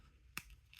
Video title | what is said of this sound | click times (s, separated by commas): Transformers Legacy United Deluxe Class Autobot Cosmos | basically pull it all the way back and it should snap into place. | 0.4 s